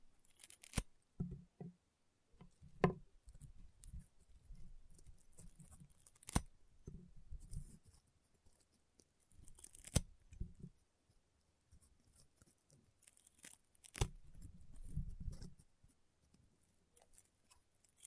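Rainbow honeycomb slime being squeezed and pressed gives off crunchy, crackling bursts with sharp pops. Loud snaps land near 1, 3, 6.5, 10 and 14 seconds, and low squishy crackling clusters fill between them. Brief quiet gaps separate the handling.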